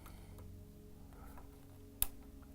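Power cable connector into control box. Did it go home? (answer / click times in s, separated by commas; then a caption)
yes / 2.0 s. A power supply cable connector, which fits only one way, is pushed into the bottom of a QR control box over a low steady hum with a few faint ticks. It seats with a single sharp snap at 2.0 s.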